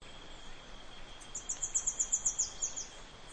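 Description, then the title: Rufous-headed tanager song, a thin, very high series of about ten quick notes, over a steady faint hum and background hiss. Nominate subspecies Hemithraupis ruficapilla ruficapilla. "LuckyPassaro Completos2Sama. Rufous-headed Tanager (Hemithraupis ruficapilla ruficapilla)"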